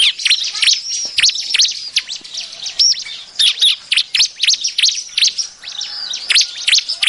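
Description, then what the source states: Bar-winged prinia chattering with dense, rapid high-pitched chirps and squeaky notes throughout. Noisy lure call used to attract birds.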